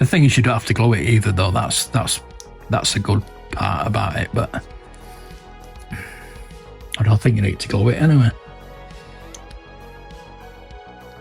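A plastic part of a Hachette Dambusters Lancaster Bomber scale model (Issue 2) is handled and pushed toward its place in the bomber's fuselage without glue, while someone talks over background music. Brief handling noises are heard, but nothing has seated or clicked yet by the end of the clip.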